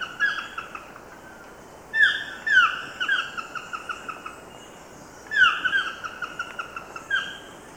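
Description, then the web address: Chestnut-tipped toucanet giving harsh, nasal, downslurred calls, some in quick pairs or short bursts, separated by pauses of a second or more, over a steady hissing background. In Ecuador. "Birds of Ecuador. Chestnut-tipped Toucanet"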